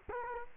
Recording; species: mosquito wingbeat signal from an infrared sensor; Culex quinquefasciatus